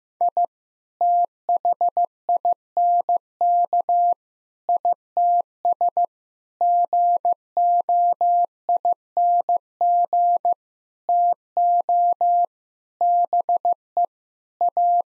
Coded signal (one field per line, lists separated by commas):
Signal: Morse code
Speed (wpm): 15 wpm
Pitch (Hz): 700 Hz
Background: none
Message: I THINK ITS GOING TO BE A